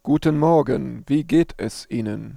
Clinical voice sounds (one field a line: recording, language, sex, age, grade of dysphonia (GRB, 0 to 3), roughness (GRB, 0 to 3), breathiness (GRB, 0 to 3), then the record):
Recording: spoken sentence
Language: German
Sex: male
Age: 30 to 39 years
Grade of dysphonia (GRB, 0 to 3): 2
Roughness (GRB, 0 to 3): 2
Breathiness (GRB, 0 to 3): 2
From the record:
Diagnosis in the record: functional dysphonia, contact pachydermia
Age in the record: 37 years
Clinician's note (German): Kontaktpachydermie ohne "Kontaktpachydermie"